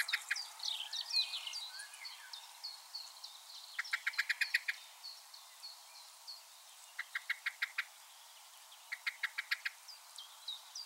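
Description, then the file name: Common blackbird giving runs of hard, rapid chinking clicks, three separate bursts, while other small birds twitter and whistle throughout. "Turdus merula"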